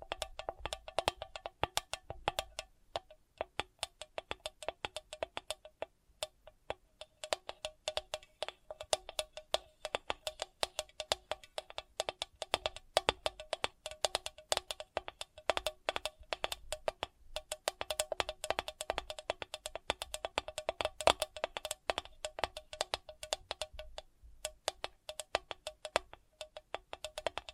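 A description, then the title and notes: Rapid fingertip tapping runs through the whole clip in dense, uneven bursts, with crisp clicks that sound much like a keyboard. The taps come several per second, with brief pauses near 3, 6 and 24 seconds, over a faint low hum. ASMR Sensitive Tapping (No Talking).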